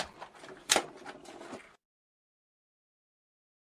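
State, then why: Seated. A removable hard drive unit is pushed back into its bay on a reassembled Xbox 360 console, with faint handling sounds and a small tap near 0.2 s. It seats with an ordinary, sharp click at 0.7 s, followed by brief shuffling before silence from about 1.8 s.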